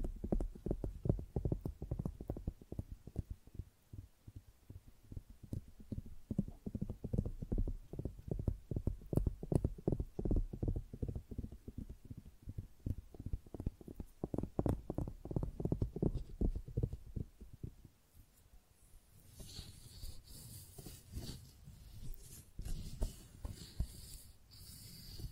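Tingly flower sounds: dense, irregular soft tapping and crackling for about eighteen seconds, then a brighter, hissing rustle takes over to the end.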